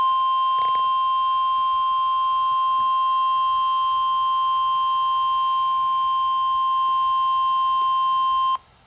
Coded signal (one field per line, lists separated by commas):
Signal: Emergency Alert System (SAME) tones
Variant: 1050 Hz attention tone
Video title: SEVERE T-STORM WARNING (EAS ALERT 138)